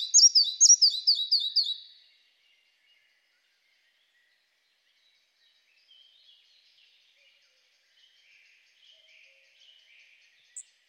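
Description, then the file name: Red-breasted flycatcher song: a quick run of high, bright, slurred notes for about two seconds, then faint scattered chirps. "Mathias Ritschard - Malaya muholovka Ficedula parva"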